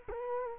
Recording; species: mosquito wingbeat signal from an infrared sensor; Culex quinquefasciatus